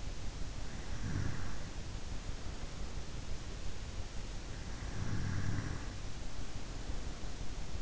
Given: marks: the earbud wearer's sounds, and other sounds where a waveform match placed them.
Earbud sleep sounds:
sounds in sleep by an in-ear microphone; snoring breath
0.77-3.08 s: snoring breath
4.67-7.82 s: snoring breath

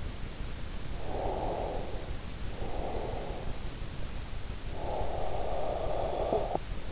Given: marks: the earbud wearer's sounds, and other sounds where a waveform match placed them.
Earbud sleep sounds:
sounds in sleep by an in-ear microphone; breath, snoring breath
0.76-3.75 s: breath
4.49-6.92 s: snoring breath

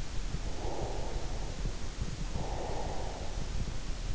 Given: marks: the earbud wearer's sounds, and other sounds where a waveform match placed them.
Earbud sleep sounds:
sounds in sleep by an in-ear microphone; breath
0.42-3.67 s: breath

